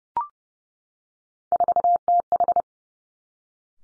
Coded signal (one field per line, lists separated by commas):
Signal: Morse code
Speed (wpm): 30 wpm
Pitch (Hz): 700 Hz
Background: none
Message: 4TH